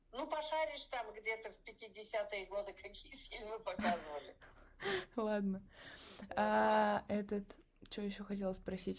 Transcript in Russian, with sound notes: Ну пошаришь там где-то в 50-е годы, какие фильмы показывали [смех]
Ладно. Аа этот… Че еще хотела спросить?